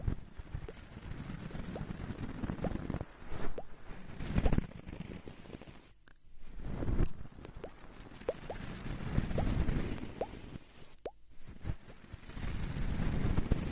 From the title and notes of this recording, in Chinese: 双人采耳。